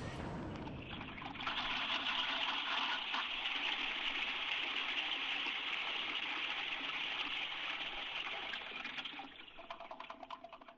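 A toilet flushes with a sudden loud rush of water that roars steadily for several seconds, then thins into gurgling and trickling as it drains away. No voices are heard.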